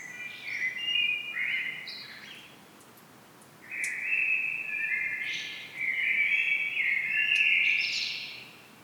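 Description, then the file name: Common blackbird singing: bursts of mellow fluted warbling with thin high twitters, separated by short quiet gaps; steady faint background hiss. "Turdus merula"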